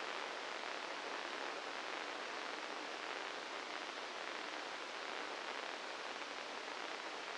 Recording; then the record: brain microelectrode recording played as sound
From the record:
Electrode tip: inside the subthalamic nucleus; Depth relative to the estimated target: 1 mm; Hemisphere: left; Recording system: NeuroSet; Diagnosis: Parkinson's disease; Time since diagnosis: 9 years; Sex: male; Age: 61 years